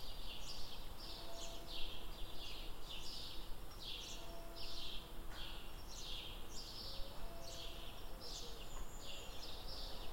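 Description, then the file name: High buzzy bird notes fall in pitch again and again in a steady series, with faint lower whistles and a deep background drone. "Nuture environment birds"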